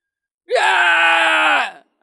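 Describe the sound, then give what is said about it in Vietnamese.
A single loud human scream, sweeping quickly upward in pitch and then holding a strained, steady cry for over a second before cutting off abruptly. No other sounds or talking. “Đột nhiên có tiếng hét truyền tới”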